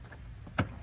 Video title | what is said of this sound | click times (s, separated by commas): 2013-2016 FUSION AMP WIRING | next is snap this in | 0.6 s